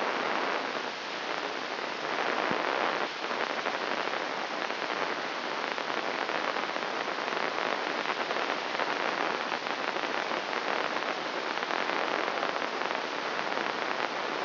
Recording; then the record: brain microelectrode recording played as sound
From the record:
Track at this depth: outside the subthalamic nucleus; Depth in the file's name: -0.284 mm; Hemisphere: left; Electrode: 3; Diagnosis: Parkinson's disease